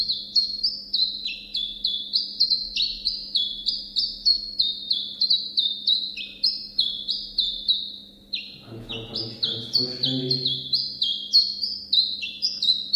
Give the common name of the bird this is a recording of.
Common Chiffchaff